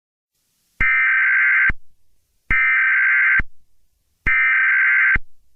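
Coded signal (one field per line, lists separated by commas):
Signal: Emergency Alert System (SAME) tones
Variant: header bursts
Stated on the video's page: Fictional scenario with valid EAS tones, made as a school project in CapCut and Audacity.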